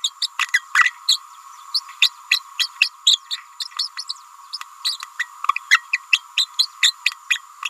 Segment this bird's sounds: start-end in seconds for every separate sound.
0.03-0.10, 0.21-0.27, 0.54-0.59, 0.74-0.91, 1.08-1.19, 1.74-1.82, 2.01-2.11, 2.30-2.41, 2.58-2.69, 2.80-2.90, 3.06-3.18, 3.30-3.37, 3.60-3.65, 3.78-3.89, 3.97-4.04, 4.09-4.14, 4.53-4.58, 4.84-4.97, 5.18-5.28, 5.70-5.84, 5.92-6.02, 6.12-6.22, 6.37-6.48, 6.59-6.69, 6.82-6.94, 7.30-7.40, 7.64-7.69